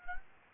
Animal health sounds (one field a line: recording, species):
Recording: mosquito wingbeat signal from an infrared sensor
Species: Anopheles gambiae